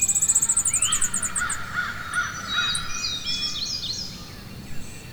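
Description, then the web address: Crow calls: a few caws, with a rapid, high ticking trill at the start and scattered thin chirps from other birds over a low background hush. Forest ambience with crows calling and other birds chirping. "Wav Junction Sound Effects - Ambience. Ambience Forest Crows Birds Chirping"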